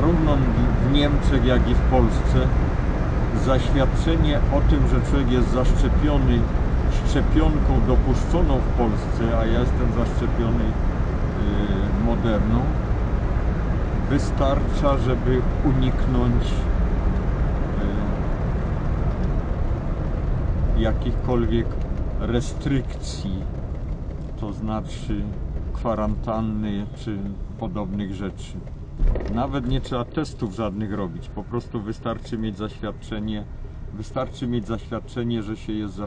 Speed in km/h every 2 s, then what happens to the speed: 77, 76, 74, 73, 72, 72, 71, 70, 70, 62, 48, 33, 23, 17, 11, 5, 0, 0.
0-16 steady at about 72. 16-31 brakes to 0. 31-36 standing.